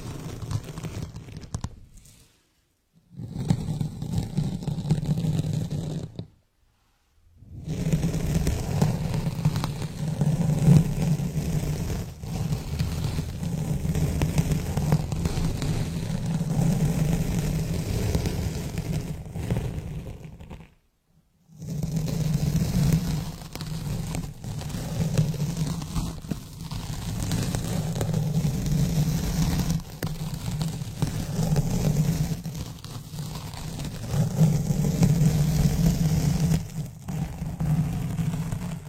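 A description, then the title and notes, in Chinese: Fingernails rub and scrape across a microphone in a dense, continuous scratching rumble that sits mostly low, with a thinner grainy hiss above. The sound stops briefly near 3, 7 and 21 seconds, then resumes at the same steady level. 刮擦专场｜指甲磨麦。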